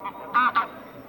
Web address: Гуменник Oca Granaiola